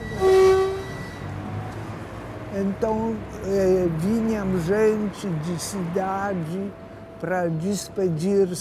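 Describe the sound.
A train horn sounds one steady, harmonic blast at the start at the railway station of Pinsk, then a voice talks over a low rumbling background of rail noise.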